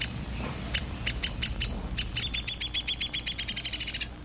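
Downy Woodpecker call: a few sharp, high squeaky notes spaced apart, then a quickening run of many similar notes.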